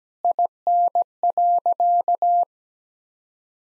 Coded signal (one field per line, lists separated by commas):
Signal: Morse code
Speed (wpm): 17 wpm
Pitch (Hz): 700 Hz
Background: none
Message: IN.